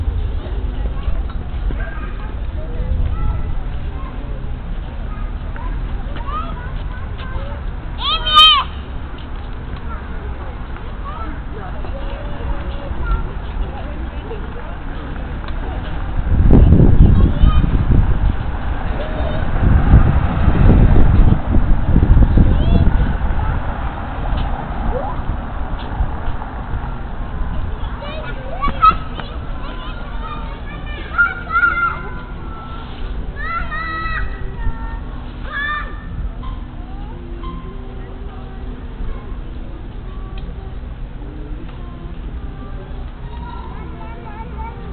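An evening square with a steady murmur of people talking and calling, children's high voices rising now and then. Between about 16 and 24 seconds a deep rumble swells and fades, like a vehicle passing, and bright squeals and shouts pick up after half a minute.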